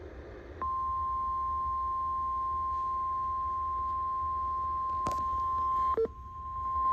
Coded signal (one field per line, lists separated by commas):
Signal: Emergency Alert System (SAME) tones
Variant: 1050 Hz attention tone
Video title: EAS#17 RWT ￼